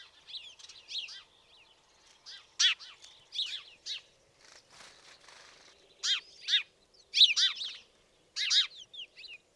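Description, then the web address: House sparrow chirping, short bright chirps in uneven bursts, some doubled, with quiet gaps between groups and softer chirps in the background. "fugl g-spurv"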